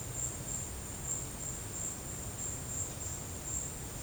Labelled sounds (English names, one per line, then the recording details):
none
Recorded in secondary vegetation near Puerto Asís, Putumayo, Colombia, on 19 March 2025 at 13:30
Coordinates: 0.485, -76.322
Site G040